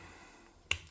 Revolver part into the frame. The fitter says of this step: okay so once you get it snapped on just like that you're going to take your